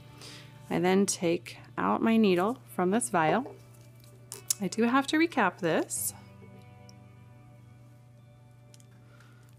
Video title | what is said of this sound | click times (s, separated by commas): How To Give Injections: Intramuscular (IM) Injections - Weber State University | remember don't ever push the cap on with your thumb on the end you're always going to push the cap on so you hear that Click | 8.7 s